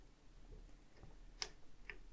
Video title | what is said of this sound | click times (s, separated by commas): Build the Delorean - Issue 115 - More Reactor Components | this will keep this nice and locked into place that's the first one in | 1.4 s, 1.9 s